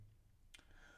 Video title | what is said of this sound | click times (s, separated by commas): Relaxing LEGO Build - Voldemort, Nagini, Bellatrix - Calm, Cozy Narration | with a hopefully satisfying click. | 0.5 s